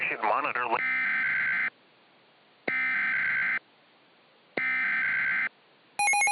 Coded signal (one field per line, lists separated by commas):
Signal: Emergency Alert System (SAME) tones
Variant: header bursts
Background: speech